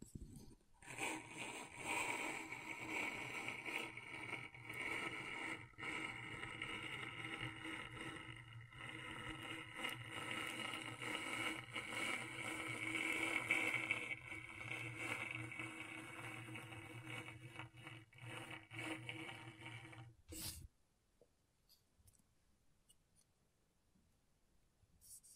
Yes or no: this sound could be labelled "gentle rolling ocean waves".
no